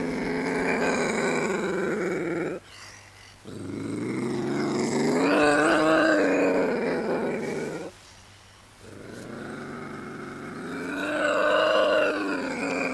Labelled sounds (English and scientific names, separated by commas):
Ocelot (Leopardus pardalis) call